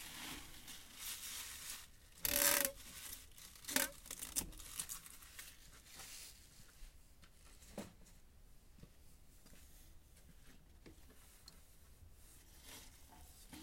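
Bundles of harvested greens are prepared for shipping, weighed and wrapped with tape. A loud crisp rustle or tape-pull comes near 2 seconds, with sharp clicks and crinkles around 4 seconds, then quieter scattered handling noises over a soft, steady hiss.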